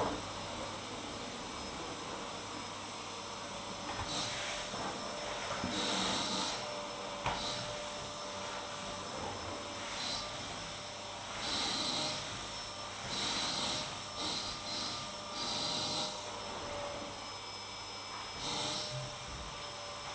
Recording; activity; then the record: daily activity, microphone in the room; vacuum cleaning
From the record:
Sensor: 3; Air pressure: 988.7 hPa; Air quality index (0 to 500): 201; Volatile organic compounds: 372 ppm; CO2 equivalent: 4624 ppm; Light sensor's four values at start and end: 22/71/29/25 and 22/71/30/25